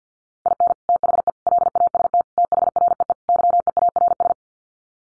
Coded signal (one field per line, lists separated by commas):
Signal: Morse code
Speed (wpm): 50 wpm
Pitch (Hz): 700 Hz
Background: none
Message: IN THE LAST THREE YEARS